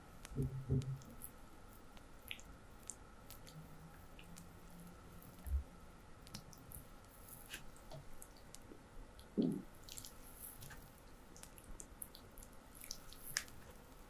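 Oil-slick hands work over bare feet, making wet squishes and soft slaps. Louder squelches land near the start, around five and a half seconds, and near nine and a half, over a faint steady hum.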